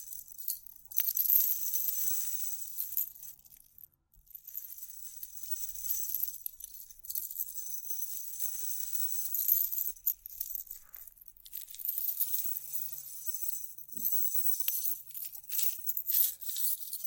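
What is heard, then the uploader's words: Bright, high-pitched scratching and jingling, like a chain or small metal pieces rubbed and shaken, runs almost without pause in uneven surges. It dips briefly near four seconds. Sharp clicks and taps stand out around one and fourteen seconds over a faint low hum. Vinyl,wood,tapping,scratchig,chain,glass,etc.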